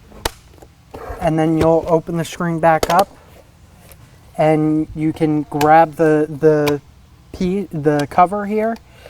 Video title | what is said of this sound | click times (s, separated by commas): Panasonic Toughbook CF-53 MK1 Non-Touch Screen Replacement | squeeze the hinge covers in the back here. And you'll hear it pop a little bit as they pop out of their position. | 0.3 s